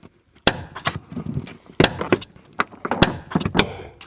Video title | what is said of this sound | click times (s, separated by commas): S1E4 - MAD VALVE CONTROLLERS | honestly those clicks were so satisfying | 0.5 s, 1.5 s, 2.6 s